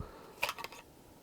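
A fixed-blade knife is pushed into its moulded Kydex sheath and snaps into the retention detent with a sharp click at 0.4 s, followed by a couple of quieter clicks around 0.6 to 0.7 s. The knife is seated and held firmly, with an easy draw and a nice click on entry.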